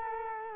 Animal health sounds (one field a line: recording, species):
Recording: mosquito wingbeat signal from an infrared sensor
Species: Culex quinquefasciatus